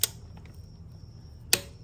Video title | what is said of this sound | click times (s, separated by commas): Harley 3-hole Oil Change at Home (Bonus- Clutch Adjustment and Primary chain tensioner adjustment!) | There it is, that little click. | 1.5 s